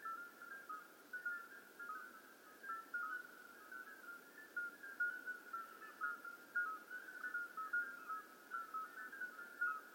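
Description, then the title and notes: Common midwife toads calling together, a constant mesh of brief flute-like toots at close pitches, rising and falling in loudness throughout. Hundreds of toads calling simultaneously at slightly different pitches in an old disused quarry, outskirts of Lerouville; recorded just after midnight; calling begins at dusk and continues through the night. "Outskirts of Lerouville. Common Midwife Toads. Recorded by Colin Hunter. Music for Sleep project"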